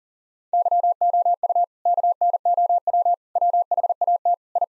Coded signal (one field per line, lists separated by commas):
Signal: Morse code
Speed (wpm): 37 wpm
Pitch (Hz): 700 Hz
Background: none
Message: YOU KNOW WHAT I